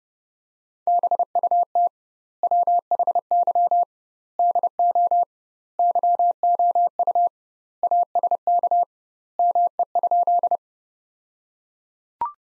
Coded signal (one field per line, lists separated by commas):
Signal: Morse code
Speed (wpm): 30 wpm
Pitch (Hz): 700 Hz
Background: none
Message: BUT WHY DO YOU ASK ME?